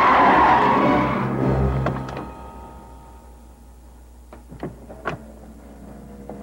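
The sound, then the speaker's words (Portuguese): A fast-driven car skids suddenly to a stop with a loud, harsh, hissing screech that fades out within about two seconds, leaving a low engine rumble and a few scattered sharp clicks. “Mas por que foi que parou este carro horroroso?”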